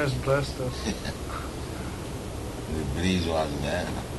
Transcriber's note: laughs